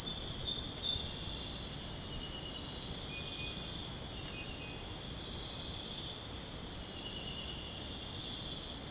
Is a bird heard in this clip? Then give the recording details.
no. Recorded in dense forest near Puerto Asís, Putumayo, Colombia, on 23 June 2025 at 00:30. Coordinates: 0.486, -76.317. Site G065